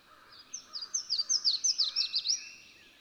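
Bird singing a fast series of several high, falling notes over background noise.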